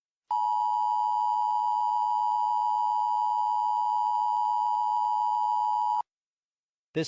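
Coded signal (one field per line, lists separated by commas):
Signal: Emergency Alert System (SAME) tones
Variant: 853 and 960 Hz attention tone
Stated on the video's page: Fictional mock EAS alert with voice and sound effects; simulated, not a real broadcast.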